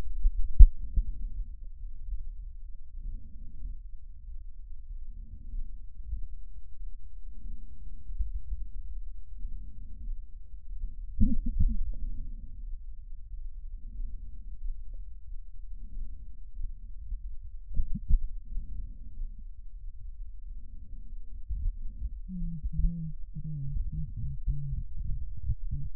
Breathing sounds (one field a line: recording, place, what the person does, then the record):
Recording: lung sounds by stethoscope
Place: left posterior basal chest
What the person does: quiet breathing, then cough and speech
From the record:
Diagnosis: interstitial lung disease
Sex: female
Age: 68 years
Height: 152 cm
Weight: 76 kg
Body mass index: 32.9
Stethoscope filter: bell mode